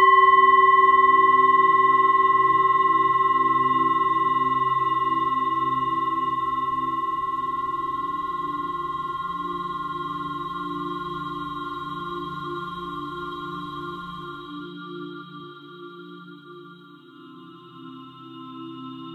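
A singing bowl rings out with a long, steady tone, several clear pitches stacked from a warm low hum up to bright overtones near the top. The sound slowly fades across the whole clip, with the lowest murmur dropping away around fifteen seconds while the higher tones linger.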